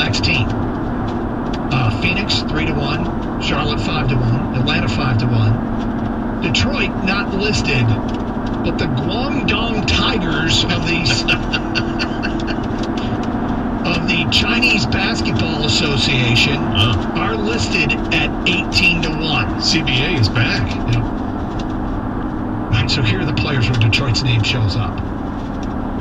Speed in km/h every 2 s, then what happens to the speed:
116, 113, 113, 116, 114, 114, 114, 113, 113, 111, 106, 103, 98.
0-18 steady at about 113. 18-26 slows to 98.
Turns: none.